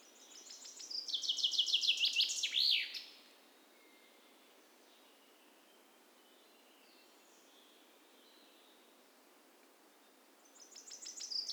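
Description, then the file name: Common chaffinch singing a descending trill with a terminal flourish, then a long quiet pause before the next song begins at the very end. "Fringilla coelebs"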